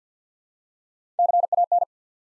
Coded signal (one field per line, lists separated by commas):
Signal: Morse code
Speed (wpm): 50 wpm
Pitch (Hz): 700 Hz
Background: none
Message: CAN